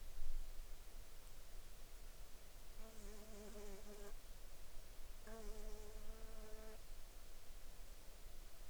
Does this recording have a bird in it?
no